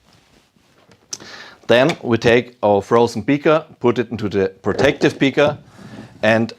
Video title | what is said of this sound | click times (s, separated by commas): Pacojet 4 em Ação: Do Preparo a limpeza | to the right, and then you can hear a magnetic click. | 0.9 s